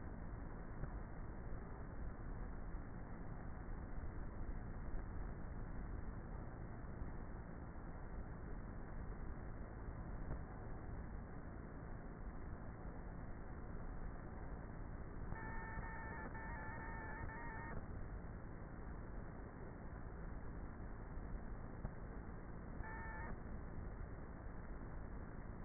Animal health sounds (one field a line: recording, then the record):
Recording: honeybee colony, microphone inside the hive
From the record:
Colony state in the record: queenless with a low population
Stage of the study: before two queens were removed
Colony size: about 30,000 bees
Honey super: no